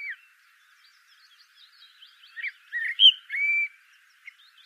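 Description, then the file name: Common blackbird song: after faint twitters, one phrase of three or four rich, fluty whistles, the last a long even note, then a brief soft chirp. "Turdus merula"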